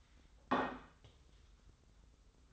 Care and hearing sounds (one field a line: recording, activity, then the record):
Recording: daily activity, microphone in the room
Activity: place plate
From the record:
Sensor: 3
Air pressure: 990.8 hPa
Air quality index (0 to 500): 148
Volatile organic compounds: 442 ppm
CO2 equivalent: 4737 ppm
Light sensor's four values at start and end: 28/66/27/26 and 39/92/37/34